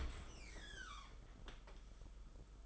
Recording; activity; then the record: daily activity, microphone in the room; open dishwasher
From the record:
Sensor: 5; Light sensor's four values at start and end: 38/122/46/49 and 39/124/47/50